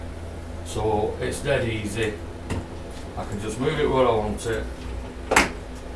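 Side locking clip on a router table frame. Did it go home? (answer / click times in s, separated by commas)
yes / 5.4 s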